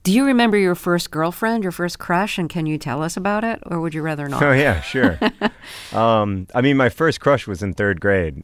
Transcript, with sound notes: Do you remember your first girlfriend, your first crush, and can you tell us about it? Or would you rather not?
Oh, yeah. Sure. (Laughter) I mean, my first crush was in third grade.